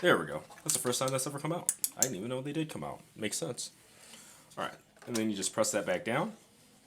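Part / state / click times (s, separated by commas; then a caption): plastic shoulder piece into action figure ride armor body / not seated / none. A plastic shoulder piece of an action figure ride armor is handled while someone talks, with light plastic handling sounds between the words. The piece is about to be pressed back down onto its tabs on the ride armor body, but nothing has seated or clicked yet when the clip ends.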